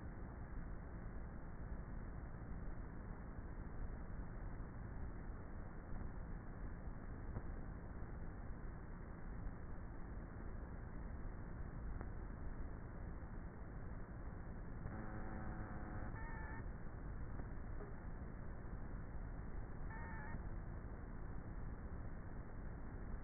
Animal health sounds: honeybee colony, microphone inside the hive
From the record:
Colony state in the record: queenless with a low population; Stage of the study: before two queens were removed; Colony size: about 30,000 bees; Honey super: no

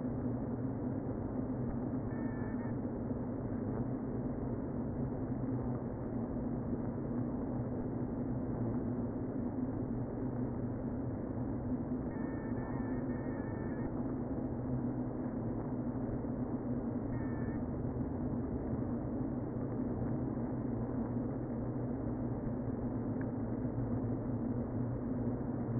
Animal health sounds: honeybee colony, microphone inside the hive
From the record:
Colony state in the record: queen present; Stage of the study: before two queens were removed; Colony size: about 60,000 bees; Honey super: yes

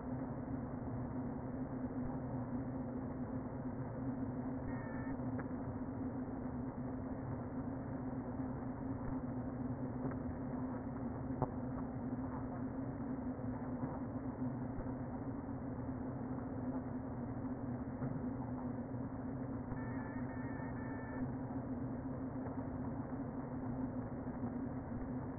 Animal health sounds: honeybee colony, microphone inside the hive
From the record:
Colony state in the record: queen present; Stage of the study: before two queens were removed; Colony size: about 60,000 bees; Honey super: yes

